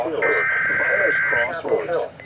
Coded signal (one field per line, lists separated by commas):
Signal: Emergency Alert System (SAME) tones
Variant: header bursts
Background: speech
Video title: Tornado Warnings (EAS #693-695)